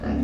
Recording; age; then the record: pig call; growing-finishing pig (85 days or more)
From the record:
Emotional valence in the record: negative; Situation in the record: barren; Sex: female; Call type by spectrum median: low-frequency call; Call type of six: low-frequency stable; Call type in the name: low-frequency stable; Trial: 3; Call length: 0.24 s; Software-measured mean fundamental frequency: 39 Hz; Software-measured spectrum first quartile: 151 Hz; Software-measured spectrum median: 252 Hz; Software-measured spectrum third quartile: 422 Hz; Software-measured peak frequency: 256 Hz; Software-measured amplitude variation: 93 dB a second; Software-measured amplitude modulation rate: 27.2 a second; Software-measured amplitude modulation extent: 3.4 dB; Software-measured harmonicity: 0.3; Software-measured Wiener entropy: -0.64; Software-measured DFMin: 659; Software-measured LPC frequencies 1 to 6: 1734, 2741, 3912, 4734, 5410, 7027 Hz